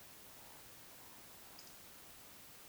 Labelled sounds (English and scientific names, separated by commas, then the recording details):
Eurasian Woodcock (Scolopax rusticola) whistle, Eurasian Woodcock (Scolopax rusticola) croak
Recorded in Baden-Württemberg, Germany, on 21 June 2020 at 02:23 UTC
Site 49006, 684 m above sea level